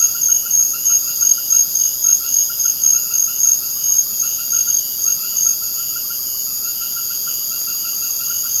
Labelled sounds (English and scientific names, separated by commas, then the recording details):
none
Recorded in secondary vegetation near Puerto Asís, Putumayo, Colombia, on 30 June 2025 at 19:00
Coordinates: 0.500, -76.326
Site GP08